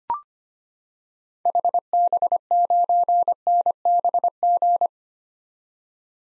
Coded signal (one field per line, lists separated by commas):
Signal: Morse code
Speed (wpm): 25 wpm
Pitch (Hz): 700 Hz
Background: none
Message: HB9NBG